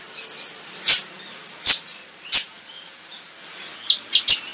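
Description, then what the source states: Flycatcher giving sparse high chirps and short twitters, punctuated by a few loud sharp clicks. Energetic 'gacor' singing in the 'tembakan' song style.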